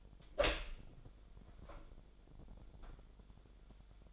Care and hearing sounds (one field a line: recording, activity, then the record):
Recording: daily activity, microphone in the room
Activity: open door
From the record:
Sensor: 5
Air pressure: 1007.3 hPa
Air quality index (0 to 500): 168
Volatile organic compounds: 4 ppm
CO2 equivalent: 1609 ppm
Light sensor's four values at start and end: 55/156/61/61 and 56/158/61/61